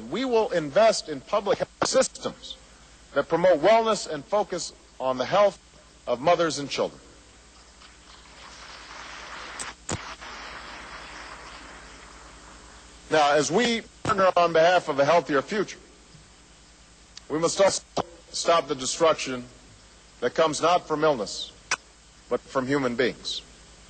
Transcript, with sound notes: we will invest in public health systems that promote wellness and focus on the health of mothers and children. (Applause.)
Now, as we partner on behalf of a healthier future, we must also stop the destruction that comes not from illness, but from human beings